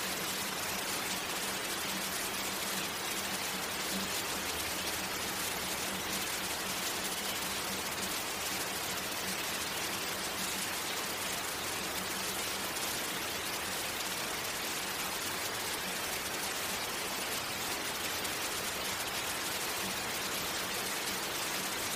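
Rain falls steadily and densely, a constant bright hiss flecked with countless fine, quick drop patters. The level barely changes across the whole stretch, and a faint low hum sits underneath, clearest in the first half.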